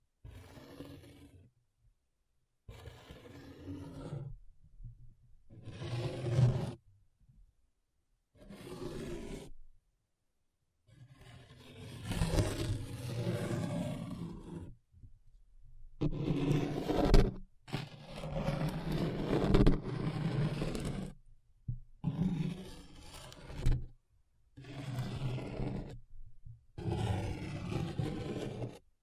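Paper being rubbed and scratched in a series of bursts separated by short silences. Each stroke is a dry, rasping scrape with a rough low rumble underneath, some lasting a second, others stretching for several seconds, with the busiest, loudest rubbing in the middle.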